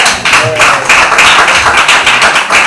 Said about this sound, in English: Clap my hand.